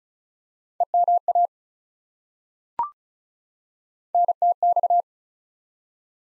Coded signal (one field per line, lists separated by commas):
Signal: Morse code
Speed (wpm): 36 wpm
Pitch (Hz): 700 Hz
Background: none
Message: EMA NTX